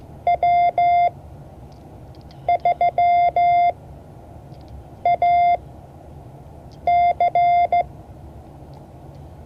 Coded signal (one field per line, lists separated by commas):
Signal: Morse code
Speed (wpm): 14 wpm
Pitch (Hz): 700 Hz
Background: none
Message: W3AC